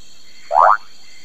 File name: Kassina fusca